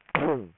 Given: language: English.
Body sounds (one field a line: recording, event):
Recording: throat vibration sensor signal played as sound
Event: throat clearing